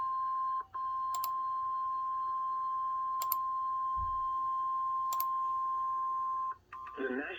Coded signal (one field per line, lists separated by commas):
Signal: Emergency Alert System (SAME) tones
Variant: 1050 Hz attention tone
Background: speech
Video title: THE STORM AWAKENS (EAS #87) Severe Thunderstorm Warning